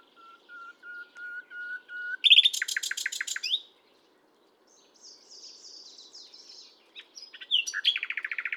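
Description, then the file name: Common nightingale song opening with slow, evenly spaced piping whistles that swell, then a loud rattle, a pause and further varied phrases. "Luscinia megarhynchos"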